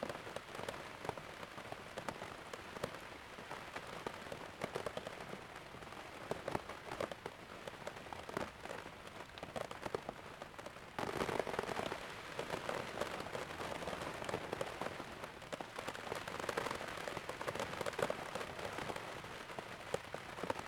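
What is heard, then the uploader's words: Rain patters hard and fast on a tent, dense overlapping drops with scattered heavier splats standing out. Around eleven seconds the downpour thickens abruptly and grows louder, becoming a steadier, fuller roar of rain that holds to the end. The delicious patter of rain on a tent – on the Pembrokeshire coast. It’s night in a tent on the coast of Pembrokeshire. Great marbles of water fall from the beech tree above the tent; the wind throws buckets; then both become consumed by a deluge like no other, a shower so heavy that you could be in the raincloud itself.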